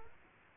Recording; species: mosquito wingbeat signal from an infrared sensor; Aedes aegypti